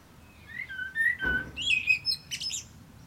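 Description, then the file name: Common blackbird song: low, flute-like whistled notes rising into a brighter warble, finished with a thin, high twitter. "Turdus merula"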